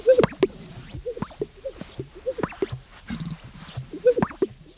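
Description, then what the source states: Greater Sage-Grouse display: sharp pops and swishing with soft low cooing notes. Fifteen males displaying on a lek at dawn, brisk March morning, Western sagebrush; wings scraped on flanks, air expelled from chest sacs, soft calls; sound combines swishing, popping, cooing.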